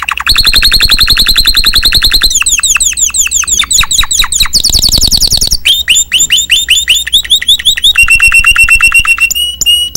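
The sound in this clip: Timbrado canary song, loud and continuous: fast sweeping note trains, a harsh high burst, then level metallic trills near the end.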